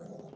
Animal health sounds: pig call; piglet (1 to 25 days)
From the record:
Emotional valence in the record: negative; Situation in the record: long isolation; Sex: female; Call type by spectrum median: low-frequency call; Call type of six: low-frequency stable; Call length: 0.36 s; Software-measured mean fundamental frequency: 52 Hz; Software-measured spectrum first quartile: 205 Hz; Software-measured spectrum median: 390 Hz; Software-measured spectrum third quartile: 622 Hz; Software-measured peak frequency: 184 Hz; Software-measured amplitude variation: 186 dB a second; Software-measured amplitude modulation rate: 21.0 a second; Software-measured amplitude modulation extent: 8.9 dB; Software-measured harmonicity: 2.9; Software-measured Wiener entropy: 0.17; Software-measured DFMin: 1098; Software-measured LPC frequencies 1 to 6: 542, 3182, 5679, 6497, 7348, 8469 Hz

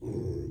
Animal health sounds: pig call; weaner (32 to 43 days)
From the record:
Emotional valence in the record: positive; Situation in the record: positive conditioning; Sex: female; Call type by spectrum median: low-frequency call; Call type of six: low-frequency stable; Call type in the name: low-frequency stable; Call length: 0.51 s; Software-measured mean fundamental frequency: 51 Hz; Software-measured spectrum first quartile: 114 Hz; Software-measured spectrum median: 240 Hz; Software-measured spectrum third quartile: 370 Hz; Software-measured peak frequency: 350 Hz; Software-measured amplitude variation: 152 dB a second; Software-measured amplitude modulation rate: 24.5 a second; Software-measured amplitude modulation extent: 6.2 dB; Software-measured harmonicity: -0.7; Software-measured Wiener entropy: -0.13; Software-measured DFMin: 1063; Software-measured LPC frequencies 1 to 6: 349, 1698, 2273, 3503, 4658, 5495 Hz

